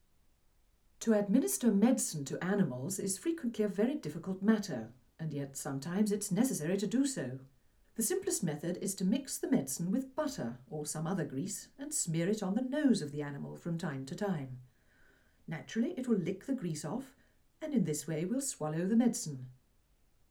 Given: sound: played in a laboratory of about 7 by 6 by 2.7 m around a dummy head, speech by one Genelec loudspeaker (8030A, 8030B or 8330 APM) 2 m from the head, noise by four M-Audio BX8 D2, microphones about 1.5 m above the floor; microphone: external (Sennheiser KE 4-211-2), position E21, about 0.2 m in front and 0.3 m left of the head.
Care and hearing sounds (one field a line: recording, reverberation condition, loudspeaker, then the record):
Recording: female speech in English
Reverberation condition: low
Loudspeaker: in front (0 degrees)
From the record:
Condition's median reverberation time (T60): about 310 ms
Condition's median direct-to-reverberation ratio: about 3.5 dB